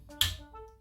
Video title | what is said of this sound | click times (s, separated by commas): How to install the Safetots No Screw Pressure Gate - Safetots | when you hear the click, the gate is secure. | 0.2 s